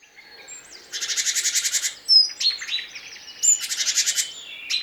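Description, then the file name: Great tit calls: two rapid, scolding chatter bursts of about a second each, with thin high whistles and short chips between and after them. "Parus major"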